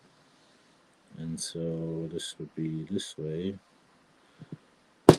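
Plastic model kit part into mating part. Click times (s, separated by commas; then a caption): 5.1 s. Someone talks while a second, mirrored plastic model kit part is turned the other way and pressed into its mating part. A sharp snap is heard at 5.1 s as the part seats home.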